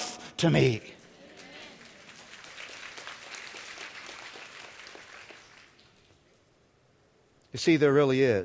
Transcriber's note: applause